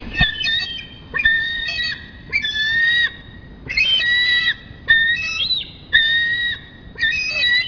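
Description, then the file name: Eagle cries: a run of loud, whistled, slightly buzzy notes, each held up to about a second, steady or faintly rising, repeated about once per second with short gaps. Cry. "the cry of the eagle"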